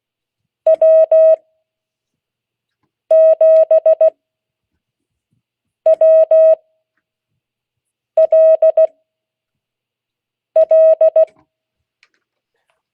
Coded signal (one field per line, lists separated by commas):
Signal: Morse code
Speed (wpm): 16 wpm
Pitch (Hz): 640 Hz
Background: none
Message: W7WLL